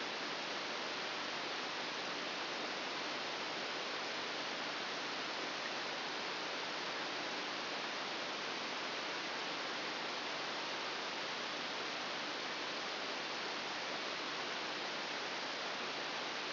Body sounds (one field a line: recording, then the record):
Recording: brain microelectrode recording played as sound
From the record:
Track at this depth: inside the subthalamic nucleus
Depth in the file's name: 1.606 mm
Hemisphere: right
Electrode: 3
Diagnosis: Parkinson's disease